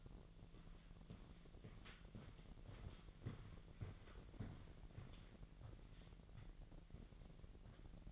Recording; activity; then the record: daily activity, microphone in the room; walk to room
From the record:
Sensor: 4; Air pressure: 1013.2 hPa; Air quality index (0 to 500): 244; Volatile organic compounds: 4 ppm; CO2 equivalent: 1630 ppm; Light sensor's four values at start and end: 32/76/31/30 and 32/76/31/30